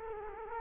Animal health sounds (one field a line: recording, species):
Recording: mosquito wingbeat signal from an infrared sensor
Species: Culex quinquefasciatus